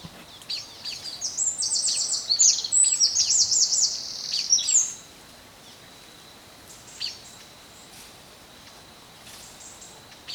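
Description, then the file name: Eurasian wren singing one long, shrill, fast-paced phrase of sharp notes and buzzing trills lasting about four seconds, then a few faint high ticks over background hiss. "Troglodytes troglodytes"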